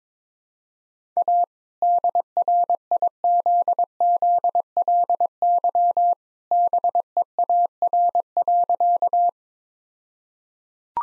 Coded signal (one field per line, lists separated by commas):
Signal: Morse code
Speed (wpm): 22 wpm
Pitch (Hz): 700 Hz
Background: none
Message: A DRIZZLY BEAR.